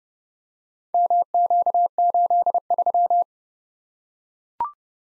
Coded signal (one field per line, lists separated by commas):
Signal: Morse code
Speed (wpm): 29 wpm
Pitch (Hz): 700 Hz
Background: none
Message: MQ83